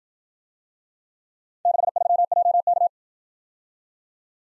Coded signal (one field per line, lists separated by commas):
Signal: Morse code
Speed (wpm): 55 wpm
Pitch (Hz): 700 Hz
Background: none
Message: 63JK